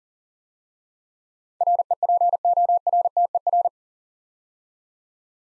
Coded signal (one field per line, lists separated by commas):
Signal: Morse code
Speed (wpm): 40 wpm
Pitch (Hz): 700 Hz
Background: none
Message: REPORTER